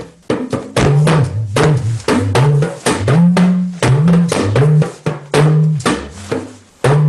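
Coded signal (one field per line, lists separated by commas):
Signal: talking drum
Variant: Yoruba dùndún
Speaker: that simply means welcome everybody we have been expecting every single uh one of you and did you arrive safely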